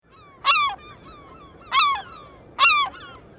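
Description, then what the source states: Gull calls: three loud, harsh cries. Gulls on a quiet beach at Louse Point, Long Island, in the morning, in August 2009.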